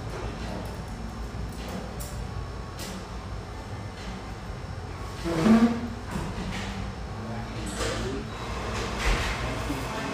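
A steady hum fills an espresso house near the Vancouver riverfront, with low murmuring voices under it. Short clatters and bright clinks break in now and then, the loudest knock near the middle, and a busier stretch of clatter toward the end.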